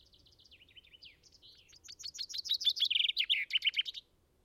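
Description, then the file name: Common chaffinch song: soft, wavering notes, then a louder, fast series of bright notes ending in a flourish. "Fringilla coelebs"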